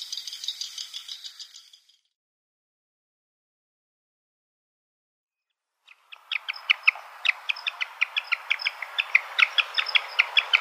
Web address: Schulze Peter Magnificent Frigatebird